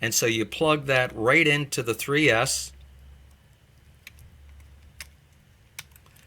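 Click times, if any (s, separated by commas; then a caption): 5.0 s, 5.8 s. Someone talks, then a battery's plastic balance-lead plug is pushed into the 3S port on a battery charger over a low hum, with small clicks and taps. Sharp clicks at 5.0 s and 5.8 s mark the plug snapping into the port, fully seated.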